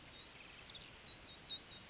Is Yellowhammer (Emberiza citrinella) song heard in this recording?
no